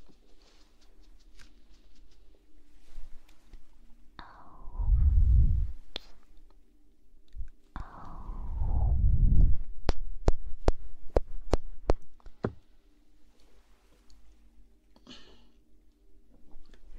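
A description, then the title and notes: Two long breaths of ear blowing rush in around 4 to 6 seconds and 8 to 10 seconds, heavy and low with a soft airy top that fades. Between and after them come a quick run of sharp clicks near 10 to 12 seconds, over a faint steady hum. ASMR Ear blowing.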